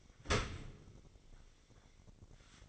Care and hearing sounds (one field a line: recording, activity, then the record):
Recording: daily activity, microphone in the room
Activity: open dishwasher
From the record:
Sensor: 4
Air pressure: 1013.2 hPa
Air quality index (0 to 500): 178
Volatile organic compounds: 2 ppm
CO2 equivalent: 1120 ppm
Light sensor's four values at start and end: 83/207/86/89 and 82/203/85/88